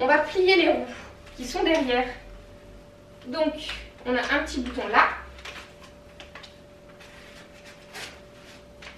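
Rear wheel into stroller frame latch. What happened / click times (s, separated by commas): The wheel is being handled but has not latched yet / none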